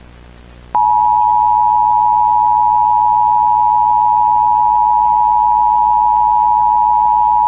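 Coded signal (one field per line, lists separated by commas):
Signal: Emergency Alert System (SAME) tones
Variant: 853 and 960 Hz attention tone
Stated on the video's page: Fictional EAS scenario, analog horror, remastered.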